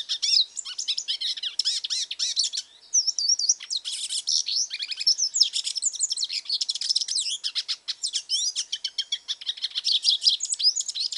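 Hooded siskin singing a steady, fast twitter of high chirps, slurred whistles and buzzy trills throughout.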